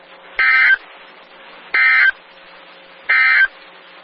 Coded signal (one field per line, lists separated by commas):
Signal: Emergency Alert System (SAME) tones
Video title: Wisconsin Severe Storm Outbreak (EAS #955-970) 7/28/21